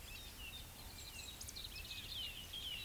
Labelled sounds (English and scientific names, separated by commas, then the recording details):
Eurasian Woodcock (Scolopax rusticola) whistle, Eurasian Woodcock (Scolopax rusticola) croak
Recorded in Baden-Württemberg, Germany, on 10 May 2021 at 19:18 UTC
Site 24606, 635 m above sea level